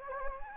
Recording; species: mosquito wingbeat signal from an infrared sensor; Anopheles gambiae